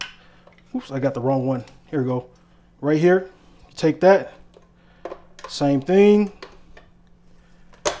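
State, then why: Seated. Someone talks while a second blade insert for a Mueller Multi Purpose Chopper is pushed straight down into the chopper base, the same way as the first one. A loud, sharp hit at 7.9 s marks the blade popping into place, and it is seated.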